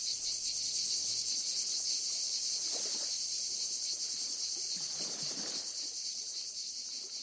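Cicadas singing a continuous shrill buzz, joined by a couple of short muffled lower sounds.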